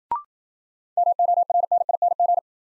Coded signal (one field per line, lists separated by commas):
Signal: Morse code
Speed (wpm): 53 wpm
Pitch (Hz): 700 Hz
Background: none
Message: MORNING